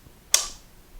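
The motor unit of a Festool Domino XL DF 700 joiner, with its guide rods lined up, is pushed onto the front plunge assembly. A single sharp, bright click lands at 0.3 s and fades over about a fifth of a second, with near silence before and after. The motor unit seats, and the joiner is back together.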